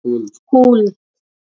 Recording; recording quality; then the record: sustained vowel as in boot; poor, much background noise or distortion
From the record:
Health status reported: respiratory illness, not identified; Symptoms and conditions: asthma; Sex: female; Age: 46 years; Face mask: worn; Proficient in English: yes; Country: India